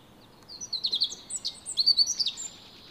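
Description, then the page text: Common chaffinch song, a brisk run of high, varied chirping notes lasting about two seconds, with several sharp descending strokes. Wild individual in pre-breeding season with a highly aberrant repertoire; 173 songs of nine song types recorded, with elements resembling wren and nuthatch imitations and unusual song syntax. "Chaffinch Fringilla coelebs. Ornis Fennica"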